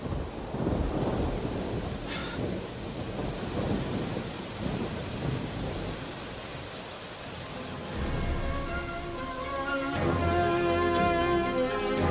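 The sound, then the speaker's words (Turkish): Heavy rain pours down steadily in a dense hiss while deep rumbles of thunder roll underneath, swelling louder toward the end. “Acele edelim Joseph. Yağmur hızlandı.”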